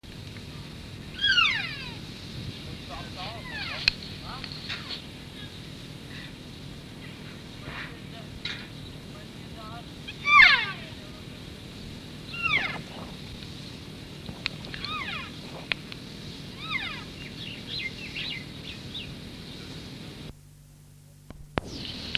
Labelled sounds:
Wapiti (Cervus canadensis) call
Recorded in captivity
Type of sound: call
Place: Tierpark Berlin, Berlin, DE
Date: 1966-08-18
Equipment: Englisches Reportergerät, Kopie Qualiton
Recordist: Hassenberg, Lieselore
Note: Weibliche Tiere: Rufe

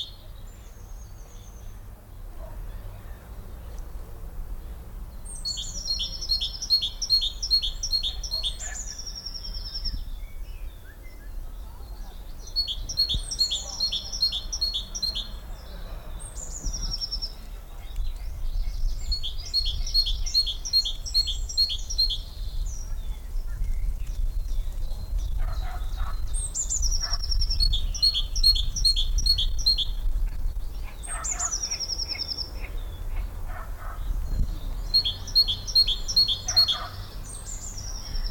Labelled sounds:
Great Tit (Parus major) call
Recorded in the wild
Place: Lychen, Brandenburg, DE
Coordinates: 53.21, 13.32
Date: 1995-04-22 18:35
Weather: heiter, 23°C, böiger Wind
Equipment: Marantz CP 430, Sennheiser ME 80, Kopie Uher 4000 Report Monitor
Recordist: Tembrock, Günter

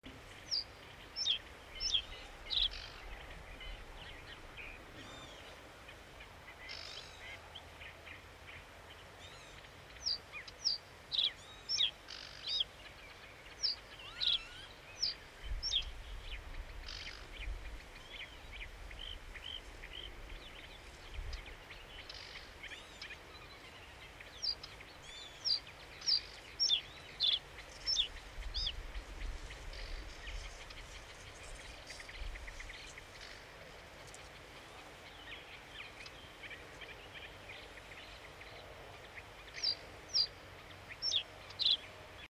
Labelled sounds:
Reed Bunting (Emberiza schoeniclus) song, Northern Lapwing (Vanellus vanellus)
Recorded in the wild
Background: Vanellus vanellus
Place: Rietberg, Nordrhein-Westfalen, DE
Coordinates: 52.8, 8.43333
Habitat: pond
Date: 1970-06-28
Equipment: Uher 4000 Report-S, Bändchenmikro Beyer M 260, Parabolspiegel Polyester (470 mm)
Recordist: Conrads, Klaus
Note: Rietberger Fischteiche. Männchen: Gesang. Daneben Kiebitz (anfangs im Hintergrund, dann auch im Vordergrund)

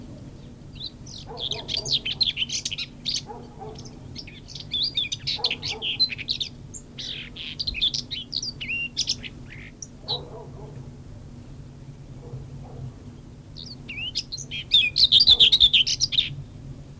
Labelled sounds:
Common Whitethroat (Sylvia communis) song
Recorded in the wild
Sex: male
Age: adult
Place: Feldberg - Koldenhof, Mecklenburgische Seenplatte, Mecklenburg, DE
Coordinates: 53.3325, 13.3433
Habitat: shrubbery
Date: 1976-07-01 20:30
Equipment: Uher CR 210, Sennheiser MD 421 HL, Verstärker, Reflektor, Kopie Uher 4200
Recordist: Tembrock, Günter

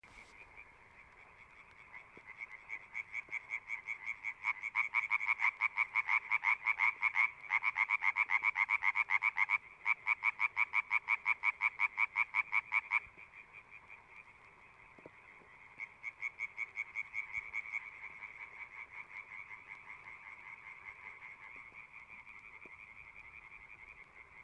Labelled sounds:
Common Tree Frog (Hyla arborea) call
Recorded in the wild
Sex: group
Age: adult
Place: Kützerhof, Kummerower See, Mecklenburg-Vorpommern, DE
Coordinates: 53.8519, 12.8739
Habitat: wetland
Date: 2008-04-29 23:12
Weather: Nieselregen, 15°C
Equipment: Zoom H2
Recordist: Frommolt, Karl-Heinz
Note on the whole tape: Straße zwischen Aalbude und Kützerhof: Rufe von mehreren Laubfröschen

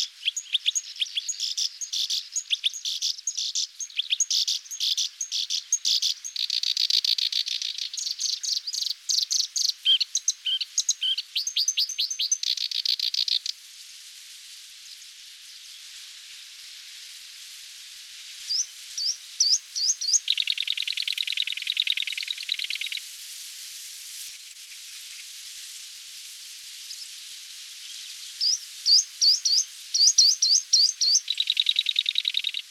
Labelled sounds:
Black-browed Reed Warbler (Acrocephalus bistrigiceps) song
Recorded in the wild
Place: Zha Long NSG, CN
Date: 1996-06-06
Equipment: Dat-Recorder Casio DA 7, Telinga DAT, Telinga-Parabolspiegel
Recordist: Schwarz, Dieter

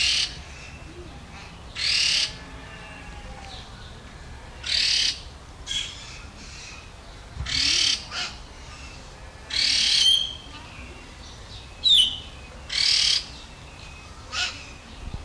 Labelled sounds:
Red-tailed Laughingthrush (Trochalopteron milnei) call
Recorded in captivity
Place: Zoo Berlin, Berlin, DE
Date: 1999-07-20 17:16
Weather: fair - thunderstorm, 26-28°C
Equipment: Sony WM-D6C, Sennheiser ME 80, Kopie Uher 4000 Report Monitor
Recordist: Tembrock, Günter

